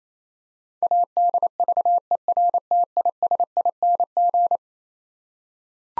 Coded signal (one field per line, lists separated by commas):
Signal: Morse code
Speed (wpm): 27 wpm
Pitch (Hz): 700 Hz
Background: none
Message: ADVERTISING